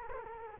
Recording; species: mosquito wingbeat signal from an infrared sensor; Culex quinquefasciatus